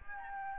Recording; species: mosquito wingbeat signal from an infrared sensor; Aedes albopictus